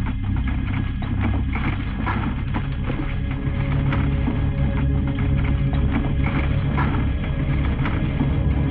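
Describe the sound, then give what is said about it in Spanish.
Horses' hooves clop steadily as they pull a coach very slowly up steep hills in the Carpathians, the irregular knocks riding over a continuous low, heavy rumble of rolling wheels at an even loudness throughout. “En ciertas ocasiones las colinas eran tan empinadas que a pesar de la prisa de nuestro conductor, los caballos solo podían avanzar muy lentamente.”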